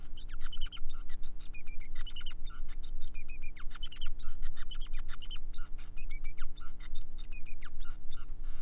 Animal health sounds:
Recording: song of a male Bengalese finch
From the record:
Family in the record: son of father 5

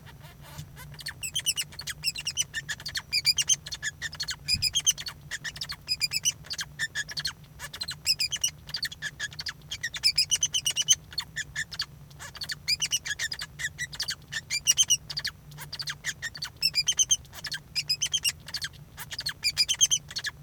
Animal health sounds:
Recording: song of a male Bengalese finch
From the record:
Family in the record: son of father 2

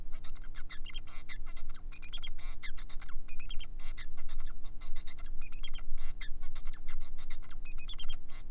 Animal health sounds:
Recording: song of a male Bengalese finch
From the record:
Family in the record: son of father 4

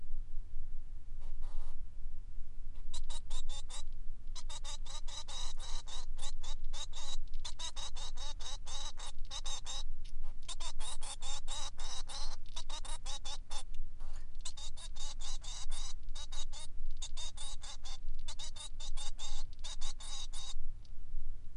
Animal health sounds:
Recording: song of a male Bengalese finch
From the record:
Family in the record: son of father 3

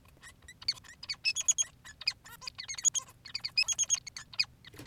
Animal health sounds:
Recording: song of a male Bengalese finch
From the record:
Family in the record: son of father 3

